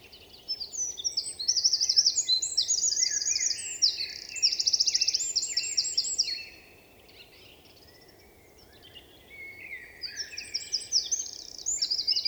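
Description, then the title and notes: Eurasian wren delivering an energetic, shrill song of rapid trills and chips for about six seconds, a pause, then another phrase starting. Singing vigorously, asserting its presence to potential rivals; nervous, impressively powerful song; 27 March 2020, Val Maravel; stereo recording with Nagra Seven and MKH8040 microphones. "UN VENT DE TROGLODYTE. 27 mars 2020-Val Maravel. Un Troglodyte mignon (Troglodytes troglodytes) affirme par son chant vigoureux sa présence à tout concurrent potentiel.Chanteur de la forêt son chant nerveux est toujours impressionnant de puissance"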